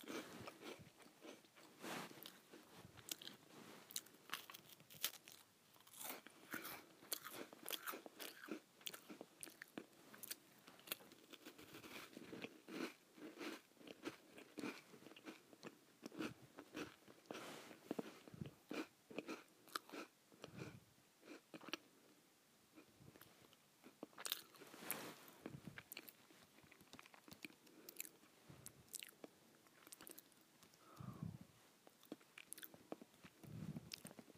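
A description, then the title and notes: Someone eats saltine crackers, with sharp dry crunches and bites coming in quick irregular bursts throughout. The crisp snaps stand out brightly, with brief pauses between chewing runs and a few softer mouth sounds near the end. ASMR Eating Saltines.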